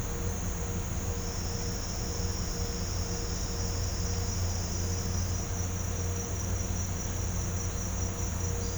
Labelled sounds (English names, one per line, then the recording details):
none
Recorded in pastures near Puerto Asís, Putumayo, Colombia, on 20 December 2024 at 07:00
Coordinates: 0.502, -76.324
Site G077